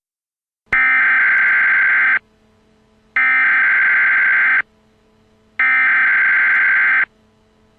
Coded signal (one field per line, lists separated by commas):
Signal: Emergency Alert System (SAME) tones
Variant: header bursts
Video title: EAS - Night of the Twisters